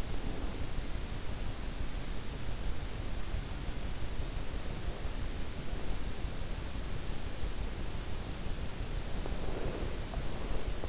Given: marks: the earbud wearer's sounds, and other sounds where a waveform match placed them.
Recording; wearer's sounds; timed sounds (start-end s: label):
sounds in sleep by an in-ear microphone; breath
0.00-0.98 s: breath
8.76-10.89 s: breath